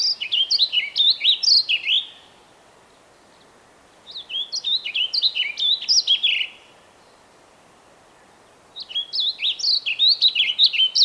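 Songbird singing three rapid phrases of sweet, downward-sliding whistles. Each burst lasts about two seconds, with pauses of around two seconds between them.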